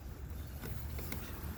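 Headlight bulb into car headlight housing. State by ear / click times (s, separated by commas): not seated / none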